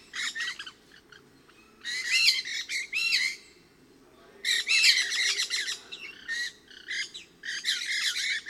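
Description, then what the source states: Pyrrhura parakeets giving bursts of shrill, scratchy chattering, loud flurries separated by quieter gaps of a second or so, several birds at once. Resident flock of about 8 birds, about 30 m away, 20-25 m up in trees in a station clearing, around 12:20 p.m., partly cloudy and hot.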